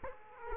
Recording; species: mosquito wingbeat signal from an infrared sensor; Aedes aegypti